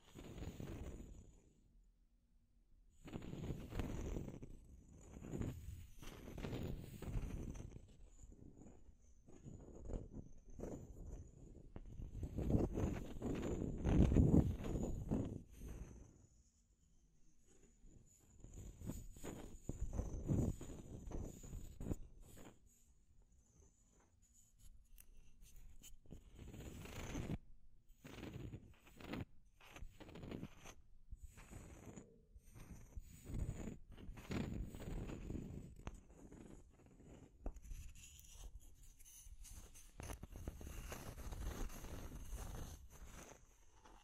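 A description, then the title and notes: Deep scratching sounds rise and fall in uneven bursts, with low rough strokes that swell and fade every few seconds. A loud scrape stands out around fourteen seconds, and a faint steady high hiss runs underneath throughout. Deep Scratching.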